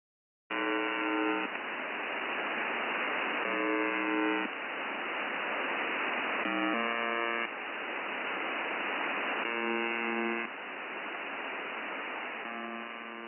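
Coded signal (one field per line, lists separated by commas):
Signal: channel marker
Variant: Russian buzzer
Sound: harsh one-second buzzes repeating about every three seconds over loud hiss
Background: radio static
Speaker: bought listening on an SDR based in Russia reveals an extremely strong signal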